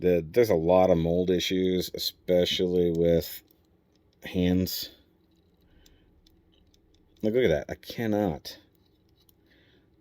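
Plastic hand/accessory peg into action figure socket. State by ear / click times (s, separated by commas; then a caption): not seated / none. Someone talks while forcing a small plastic hand or accessory peg into a tight socket on a transforming robot-girl figure, a Magichenshin Series 01 Scarlet Sonic (Big Firebird Build). Faint scraping and small, quiet ticks are heard between about 5.9 and 7.0 s and again around 8.8–9.3 s, with no clear seating click. The part has not snapped into place, though it is pressed in.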